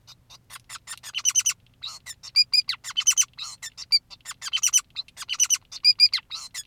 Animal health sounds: song of a male Bengalese finch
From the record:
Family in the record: son of father 2, and himself father 5

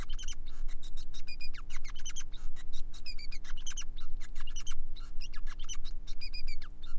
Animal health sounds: song of a male Bengalese finch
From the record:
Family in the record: son of father 5

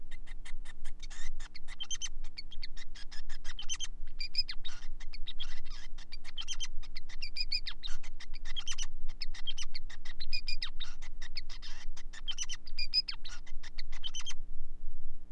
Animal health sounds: song of a male Bengalese finch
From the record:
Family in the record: son of father 5

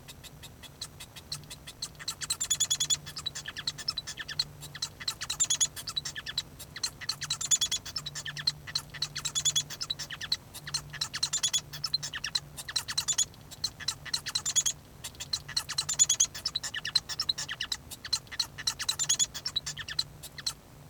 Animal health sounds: song of a male Bengalese finch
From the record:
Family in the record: son of father 1

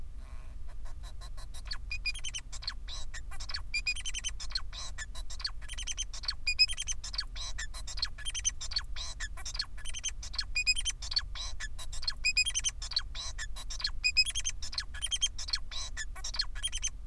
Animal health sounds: song of a male Bengalese finch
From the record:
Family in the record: son of father 4

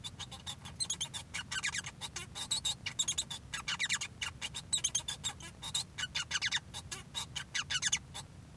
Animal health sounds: song of a male Bengalese finch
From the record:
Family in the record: son of father 1

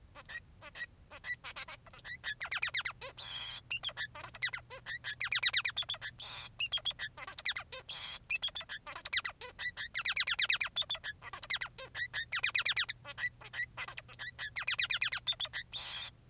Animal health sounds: song of a male Bengalese finch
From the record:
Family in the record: son of father 3

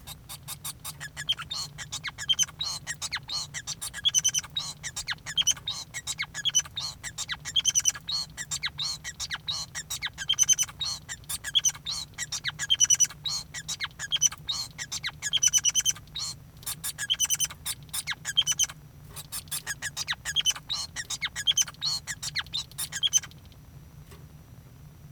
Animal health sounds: song of a male Bengalese finch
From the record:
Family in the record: son of father 5

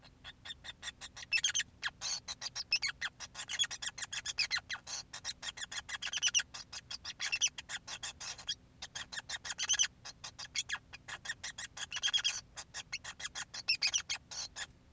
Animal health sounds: song of a male Bengalese finch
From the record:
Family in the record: son of father 5

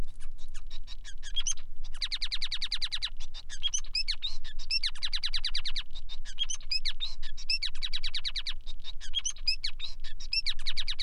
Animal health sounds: song of a male Bengalese finch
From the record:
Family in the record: son of father 5

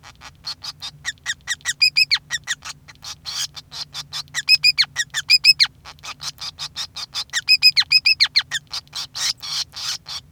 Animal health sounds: song of a male Bengalese finch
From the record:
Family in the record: son of father 5

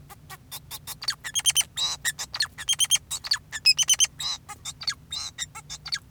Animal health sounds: song of a male Bengalese finch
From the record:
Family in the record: son of father 2, and himself father 4

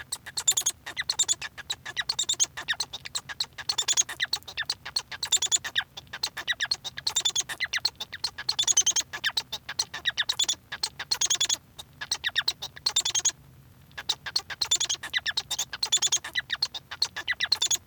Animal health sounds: song of a male Bengalese finch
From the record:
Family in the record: son of father 1

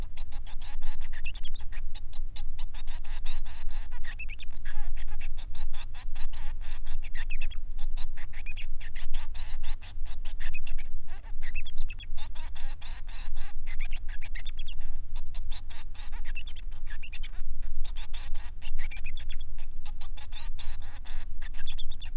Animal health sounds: song of a male Bengalese finch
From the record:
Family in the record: son of father 3

